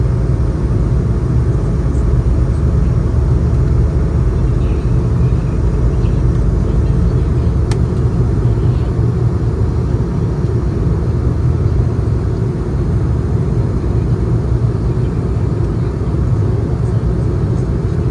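Steady engine roar from an airliner in flight, a dense low rumble that holds level for the whole stretch without rising or falling. A faint thin tick cuts through once near the eight-second mark, but no voices or announcements stand out.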